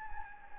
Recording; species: mosquito wingbeat signal from an infrared sensor; Anopheles gambiae